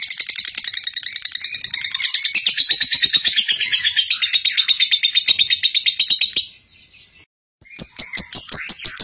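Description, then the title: Bird singing loudly, a dense high-pitched chattering song of rapid pulsed notes, breaking off briefly before resuming. "KICAU BURUNG"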